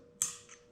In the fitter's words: Okay. A click.